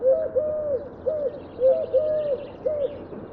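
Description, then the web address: Bird calls: low, smooth tonal notes, each slightly arched, in short runs with brief gaps. "Deverinetal 2025 File origin Bird Only"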